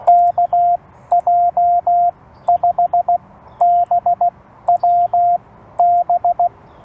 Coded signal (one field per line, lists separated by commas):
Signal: Morse code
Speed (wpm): 16 wpm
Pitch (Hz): 700 Hz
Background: radio noise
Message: KJ5BWB